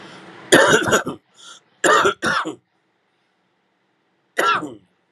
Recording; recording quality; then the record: heavy voluntary cough; excellent, no background noise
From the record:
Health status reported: healthy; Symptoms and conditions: none ticked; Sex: male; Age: 42 years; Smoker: yes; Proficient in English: yes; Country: India